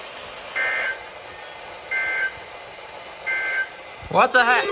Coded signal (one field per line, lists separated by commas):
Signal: Emergency Alert System (SAME) tones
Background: speech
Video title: Multiple Day Chaos - Alerts from 5/13/25 - 5/16/25 (EAS #1513 - 1541)